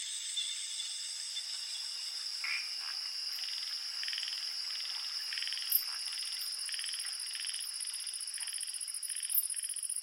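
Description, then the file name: Crickets and cicadas: steady high-pitched insect trills run throughout, with soft pulsed chirps lower down. Crickets recorded together with cicadas. "Just Sound Effects Crickets and Cicadas"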